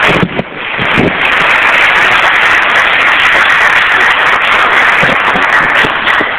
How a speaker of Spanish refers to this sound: fuerte aplauso.